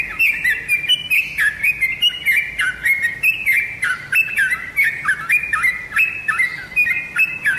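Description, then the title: Oriental magpie-robin song of bright whistled notes dipping and rising in short repeated figures, with scratchy high-pitched ticks between them. "Kicau Kacer"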